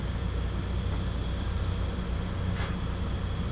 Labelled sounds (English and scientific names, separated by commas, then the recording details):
none
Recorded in pastures near Puerto Asís, Putumayo, Colombia, on 16 December 2024 at 21:30
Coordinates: 0.505, -76.324
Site G063